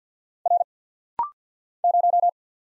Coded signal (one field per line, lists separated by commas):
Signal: Morse code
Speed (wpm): 48 wpm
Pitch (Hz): 700 Hz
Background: none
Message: R 0